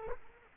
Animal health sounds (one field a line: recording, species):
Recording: mosquito wingbeat signal from an infrared sensor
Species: Culex quinquefasciatus